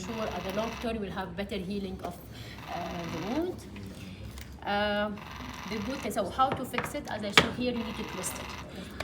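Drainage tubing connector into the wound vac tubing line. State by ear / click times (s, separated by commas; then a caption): not seated / none. A plastic drainage tubing connector on a negative pressure wound therapy (wound vac) tubing line is handled and twisted while someone talks, with faint mechanical handling noises and short sharp transients near 4.4 s and 9.0 s. The clip ends before the connector locks, so nothing has seated or clicked yet.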